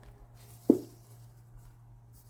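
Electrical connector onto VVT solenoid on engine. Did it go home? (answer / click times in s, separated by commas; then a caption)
no / none. An electrical connector is pushed back onto the new intake VVT solenoid on the engine of a 2013 Chevrolet Impala, handled with care because its wire may be brittle. A single dull, low thud lands at about 0.7 s over a steady low hum, and nothing clicks. The plug does not come out when checked and is assumed to be seated.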